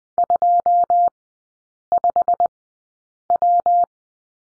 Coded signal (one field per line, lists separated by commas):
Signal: Morse code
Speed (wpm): 20 wpm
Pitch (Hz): 700 Hz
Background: none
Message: 25W